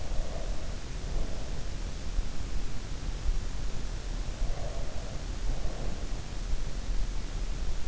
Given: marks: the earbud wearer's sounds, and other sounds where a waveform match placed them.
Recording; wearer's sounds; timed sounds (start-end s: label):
sounds in sleep by an in-ear microphone; breath
0.00-1.57 s: breath
4.20-6.20 s: breath